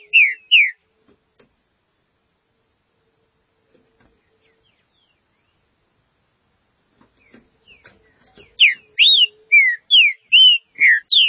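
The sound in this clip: Green-winged saltator song: two whistled notes, a long quiet gap with faint ticks, then a fast series of rich whistles sweeping up and down.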